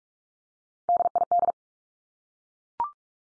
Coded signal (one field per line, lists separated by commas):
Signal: Morse code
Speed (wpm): 44 wpm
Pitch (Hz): 700 Hz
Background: none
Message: DID